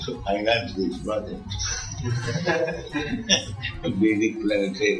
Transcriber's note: laughter